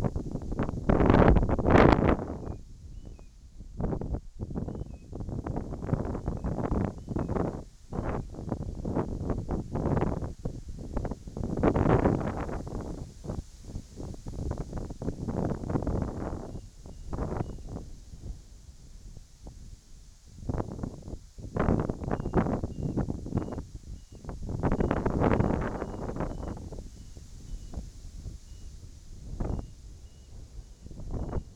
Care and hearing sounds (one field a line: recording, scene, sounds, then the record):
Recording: everyday scene through a hearing-aid microphone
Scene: wind on the microphone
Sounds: wind, whistling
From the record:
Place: in front of a rural house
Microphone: in the ear canal, right